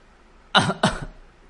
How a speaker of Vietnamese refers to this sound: Theo tiếng ho khan, máu huyết của Mộ Dung Thiên không ngừng trào qua khóe miệng và nhỏ lên mặt Lăng Đế Tư.